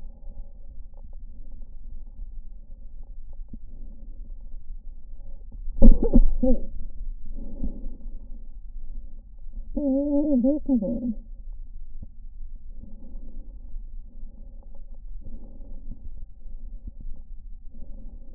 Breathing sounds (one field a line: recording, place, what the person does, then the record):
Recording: lung sounds by stethoscope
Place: left posterior basal chest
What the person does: quiet breathing, then cough and speech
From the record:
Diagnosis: interstitial lung disease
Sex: female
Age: 61 years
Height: 155 cm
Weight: 75.5 kg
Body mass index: 31.4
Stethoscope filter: diaphragm mode